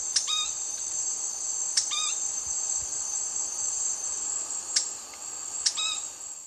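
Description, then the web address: Ruddy spinetail song: short notes repeated at uneven intervals, set against a loud, steady, high insect drone. Eastern Lowlands, South America. "Natures Songs S America Eastern Lowlands. Synallaxis rutilans, song"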